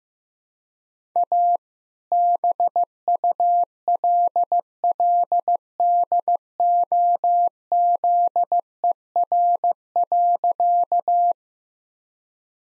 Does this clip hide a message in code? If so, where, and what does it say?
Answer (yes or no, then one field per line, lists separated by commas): yes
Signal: Morse code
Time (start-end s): 1.2-11.3 s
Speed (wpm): 16 wpm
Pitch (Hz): 700 Hz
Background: none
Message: A BULLDOZER.